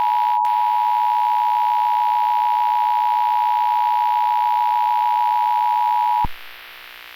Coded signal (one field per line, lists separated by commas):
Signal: Emergency Alert System (SAME) tones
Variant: 853 and 960 Hz attention tone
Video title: Eas scenario do not go outside